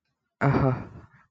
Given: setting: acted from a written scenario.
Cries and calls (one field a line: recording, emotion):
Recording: vocal sound without words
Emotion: contempt